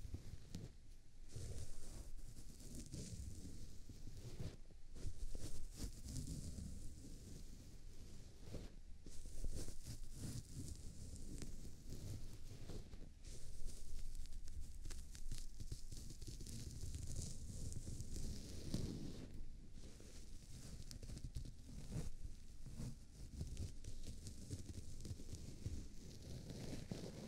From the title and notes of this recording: ASMR CLEANING AND MASSAGING YOUR EARS (NO TALKING).